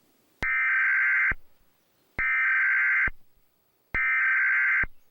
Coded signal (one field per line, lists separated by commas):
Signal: Emergency Alert System (SAME) tones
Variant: header bursts